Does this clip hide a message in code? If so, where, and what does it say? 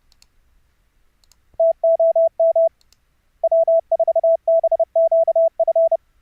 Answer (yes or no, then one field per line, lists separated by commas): yes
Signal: Morse code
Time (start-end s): 1.6-6.0 s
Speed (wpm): 31 wpm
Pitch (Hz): 660 Hz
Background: none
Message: TOM W4BQF